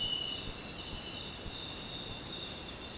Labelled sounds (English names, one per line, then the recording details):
none
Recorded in dense forest near Puerto Asís, Putumayo, Colombia, on 21 December 2024 at 18:30
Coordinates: 0.466, -76.327
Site G075